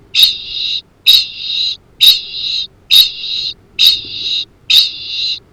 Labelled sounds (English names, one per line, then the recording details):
Kākāpō ching call
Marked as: faintness 1/5
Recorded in New Zealand
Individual Arab